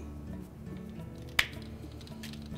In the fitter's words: carefully slide it on to the new end cap till it snaps into place